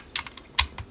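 A metal strap lug is pushed back into the lug mount on a Bronica S2 camera body until it locks in place. Sharp clicks are heard at 0.2 s and 0.6 s, with softer ticks in between. The lug is seated and locked.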